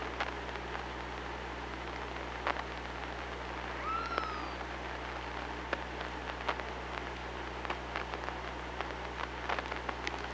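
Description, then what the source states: Killer whale call: one short, clear tone that rises and then drops, with a higher overtone, against hissing underwater background and frequent sharp clicks. Underwater hydrophone recording from OrcaLab, 24 August 2017, at 06:00.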